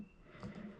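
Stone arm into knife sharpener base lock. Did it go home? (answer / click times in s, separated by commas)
no / none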